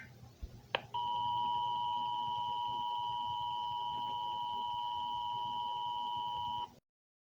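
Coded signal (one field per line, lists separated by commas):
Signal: Emergency Alert System (SAME) tones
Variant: 853 and 960 Hz attention tone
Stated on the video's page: Historical EAS scenario, a recreation rather than a real alert.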